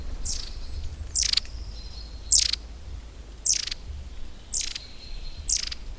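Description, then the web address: Long-tailed tit calls: short, sharp, very high notes, about one per second, with thin level whistles drawn out between them, over a low background rumble. "agykontroll Madardalok Cd 1. Őszapó"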